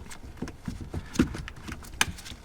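On an Audi Q7 (4L, 2005–2015), a plastic bracket carrying two electrical connectors and the column-adjustment wire is slid down onto the steering column. Soft handling knocks are followed by a sharp click at 1.5 s and a louder one at 2.0 s as the tab on each side clicks into place. The bracket is seated and sits flush across the back.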